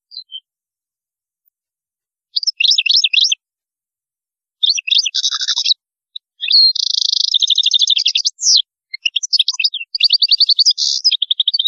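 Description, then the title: European goldfinch song in bursts of rapid twittering, including a dense buzzy rattle and tinkling phrases, separated by short silences. "Chant Chardonneret"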